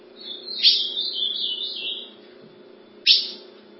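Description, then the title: Ultramarine grosbeak singing a short warbled phrase of sweet, wavering whistles, followed after a pause by one sharp falling call note; a low steady hum runs underneath. "Azulao"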